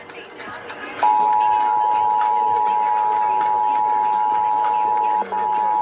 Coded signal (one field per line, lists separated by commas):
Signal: Emergency Alert System (SAME) tones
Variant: 853 and 960 Hz attention tone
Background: speech, music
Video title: Los Angeles Required Monthly Tests (EAS #1058-#1070)